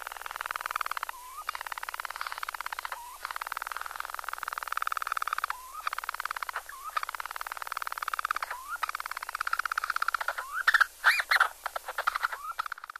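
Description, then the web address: Ashy storm-petrel song: steady rasping purrs repeated in bouts of about two seconds, each ending in a quick upslurred gasp, with a few sharper notes late on. "Songs of Birds of North America Stokes. Ashy Storm-Petrel"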